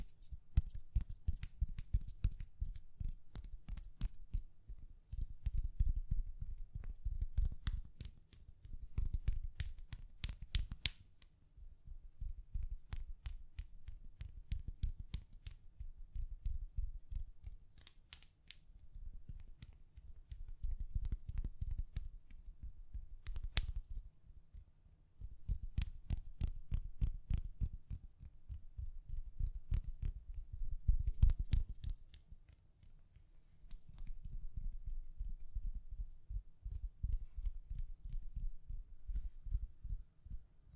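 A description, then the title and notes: Gentle tapping runs through the whole recording in rapid, fairly even bursts, mostly soft and low with a dull, thumping tone. The taps come in clusters of a few seconds separated by brief lulls, with occasional sharper, brighter clicks standing out. ASMR Gently Tapping You to Sleep (No Talking).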